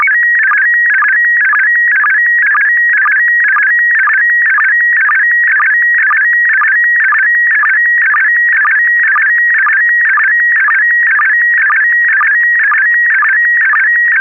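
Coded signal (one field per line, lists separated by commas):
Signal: SSTV (slow-scan television)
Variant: PD120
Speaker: this is going out PD 120.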